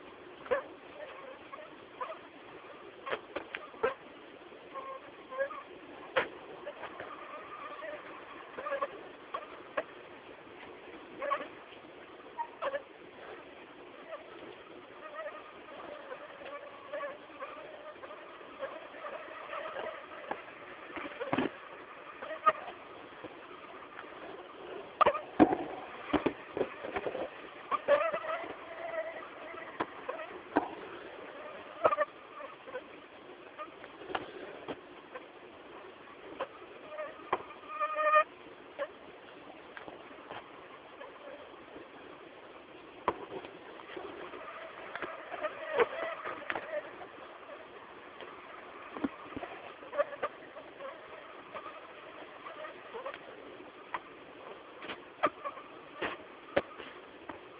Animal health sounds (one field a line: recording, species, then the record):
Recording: mosquito flight sound by mobile phone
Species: Anopheles gambiae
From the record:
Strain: Akron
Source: CDC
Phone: Samsung T209